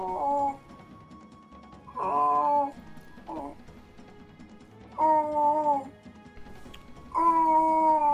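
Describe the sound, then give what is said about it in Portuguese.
A baby babbles and coos in five short, high, wavering bursts separated by brief pauses, each a sing-song vocal sound over a faint background. “Vocês estão a ouvir muito o bebê?”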